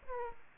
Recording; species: mosquito wingbeat signal from an infrared sensor; Aedes aegypti